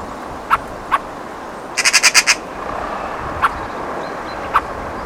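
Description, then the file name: Eurasian magpie rattling out a quick burst of six harsh chack notes, framed by scattered single dry calls. "Pica pica"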